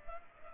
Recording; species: mosquito wingbeat signal from an infrared sensor; Culex pipiens